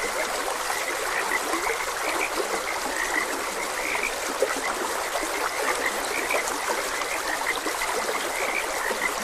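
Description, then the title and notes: Short frog croaks recur irregularly within a constant rushing stream, the calls rising slightly above the water noise now and then. Frogs croaking beside a gentle stream. "Gentle Stream and Frogs Croaking. Sleep and Relaxation Podcast"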